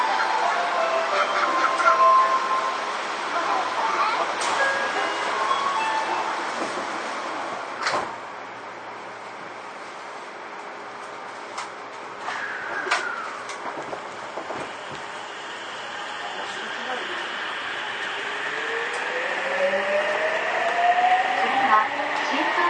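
A Seibu 6000 series train running between Wakoshi and Shin-kiba, with a steady hiss and rumble throughout. Sharp clicks and knocks come every few seconds, and a motor whine rises in pitch around 12 seconds and again from about 17 seconds to the end.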